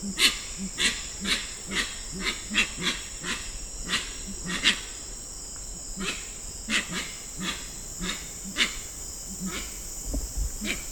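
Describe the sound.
Grey-winged trumpeter giving a rapid series of harsh, breathy bursts with a low grunting base, pausing briefly, against constant high-pitched insect buzzing.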